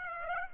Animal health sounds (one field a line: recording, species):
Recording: mosquito wingbeat signal from an infrared sensor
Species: Aedes aegypti